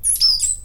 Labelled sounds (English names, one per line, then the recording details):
Stitchbird song
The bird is a male
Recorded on Tiritiri Matangi Island, New Zealand, in 2005
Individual 22, of nest box 31